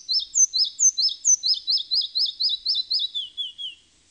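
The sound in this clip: Red-breasted flycatcher song: a quick, high series of about a dozen bright, repeated two-part notes, ending in a few lower, down-slurred notes.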